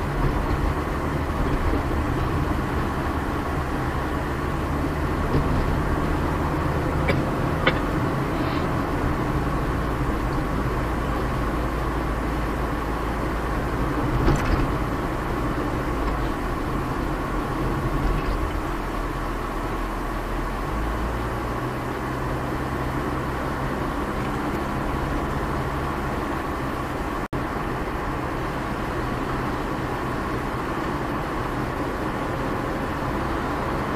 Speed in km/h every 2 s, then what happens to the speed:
30, 33, 33, 33, 35, 36, 37, 38, 37, 34, 34, 35, 39, 42, 43, 44, 43.
0-11 speeds up to 37. 11-21 steady at about 37. 21-26 speeds up to 42. 26-34 steady at about 43.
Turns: none.